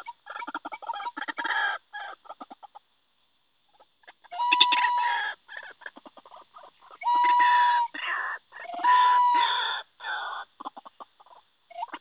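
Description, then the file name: White-breasted waterhen giving rough, grating calls that alternate with quick stuttering notes. Long harsh phrases carry a level tonal core. Call used as a lure (pikat). "suara ruak ruak pikat. omkicau"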